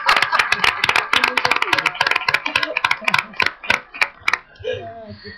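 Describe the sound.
A burst of audience applause: dense, brisk clapping that gradually thins into a few scattered claps and fades out, with some voices mixed in and a short murmur at the end.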